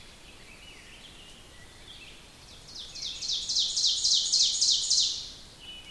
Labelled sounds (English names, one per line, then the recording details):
Ovenbird song
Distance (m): 25 m
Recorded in boreal forest in Alberta, Canada, on 5 June 2016 at 06:06
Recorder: SongMeter 3, array SBT-3-51
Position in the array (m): 272 m, 118 m
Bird 28